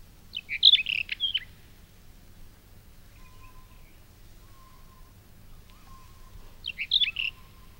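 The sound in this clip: Mourning wheatear with a brief rapid phrase of high scratchy chirps, repeated after a pause, while faint thin tones sound in the background between phrases.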